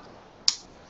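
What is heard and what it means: A small metal clip is pressed into the printed circuit board of a SparkFun Binary Blaster soldering kit during assembly; these metal parts are designed to snap into place once aligned. A single sharp, bright click sounds at 0.5 s over quiet background noise. The clip is confirmed seated in the board.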